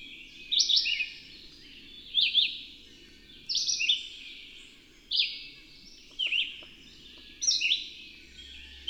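Bird song: short, bright, high warbled phrases with quick up-and-down notes, repeated roughly every one and a half seconds over a soft low background hum.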